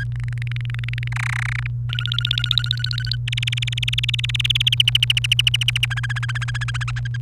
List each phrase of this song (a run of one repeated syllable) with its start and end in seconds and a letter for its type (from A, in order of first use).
0.15-1.08 A, 1.12-1.67 B, 1.89-3.16 C, 3.27-4.74 D, 4.80-5.85 E, 5.90-6.83 F, 6.88-7.16 G